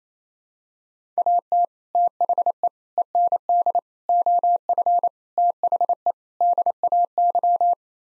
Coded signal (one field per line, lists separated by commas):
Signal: Morse code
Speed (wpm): 27 wpm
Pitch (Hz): 700 Hz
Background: none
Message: AT THE END OF THE DAY